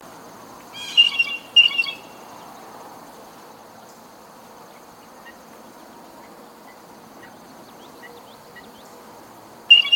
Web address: bird-calls blue-jay